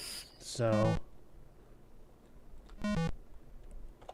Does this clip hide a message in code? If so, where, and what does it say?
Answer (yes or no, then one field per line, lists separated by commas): no